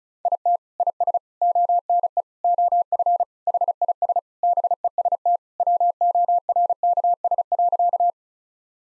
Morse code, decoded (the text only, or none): IT IS ONE OF HIS BEST WORKS.